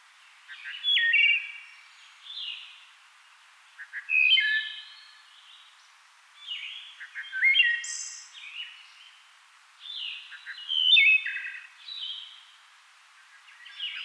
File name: Wood Thrush - Hylocichla mustelina